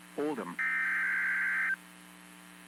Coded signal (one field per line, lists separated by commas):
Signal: Emergency Alert System (SAME) tones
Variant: header bursts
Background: speech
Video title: Severe Thunderstorm Warning Texas Noaa Weather Radio Station WXK 38 Amarillo TX 8/25/26